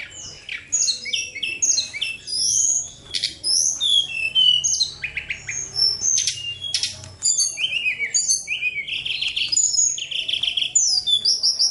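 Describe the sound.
Bird singing a fast, varied medley of high whistled notes, quick trills and abrupt chirps, with a steady low hum underneath for the first several seconds.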